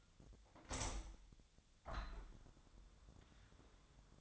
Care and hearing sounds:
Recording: daily activity, microphone in the room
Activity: open window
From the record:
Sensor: 3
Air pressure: 1004.6 hPa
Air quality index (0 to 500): 75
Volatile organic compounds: 2 ppm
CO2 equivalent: 1125 ppm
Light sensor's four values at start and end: 7/16/6/6 and 7/17/6/6

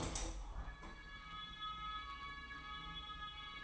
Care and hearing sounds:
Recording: daily activity, microphone in the room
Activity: open window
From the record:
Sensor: 1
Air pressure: 999.8 hPa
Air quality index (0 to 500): 235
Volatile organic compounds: 103 ppm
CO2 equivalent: 3776 ppm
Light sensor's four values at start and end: 10/25/10/11 and 11/27/11/12

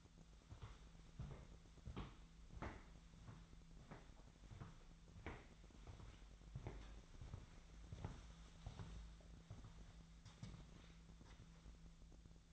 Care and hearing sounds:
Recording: daily activity, microphone in the room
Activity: walk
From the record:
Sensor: 3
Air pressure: 1008.4 hPa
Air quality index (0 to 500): 191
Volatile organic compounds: 14 ppm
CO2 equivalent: 2452 ppm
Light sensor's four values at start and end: 20/47/20/21 and 20/48/20/21

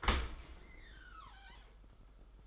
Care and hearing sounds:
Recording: daily activity, microphone in the room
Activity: open dishwasher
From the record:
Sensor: 5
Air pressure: 991.5 hPa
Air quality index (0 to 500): 113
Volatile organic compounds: 30 ppm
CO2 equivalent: 2968 ppm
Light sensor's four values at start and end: 39/123/47/50 and 38/122/46/49

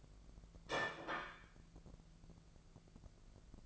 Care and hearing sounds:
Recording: daily activity, microphone in the room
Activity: place plate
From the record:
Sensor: 5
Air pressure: 1015.1 hPa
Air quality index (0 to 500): 206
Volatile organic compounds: 10 ppm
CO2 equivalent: 2257 ppm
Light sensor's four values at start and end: 76/179/76/83 and 72/168/71/77

